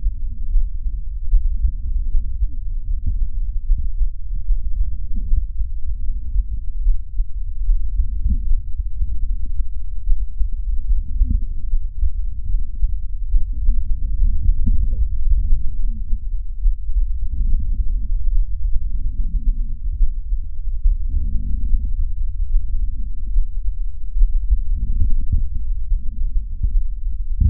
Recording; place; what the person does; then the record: lung sounds by stethoscope; right posterior apical chest; quiet breathing, then deep breathing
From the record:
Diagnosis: asthma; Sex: female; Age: 56 years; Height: 161 cm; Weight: 85 kg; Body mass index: 32.8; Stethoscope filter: bell mode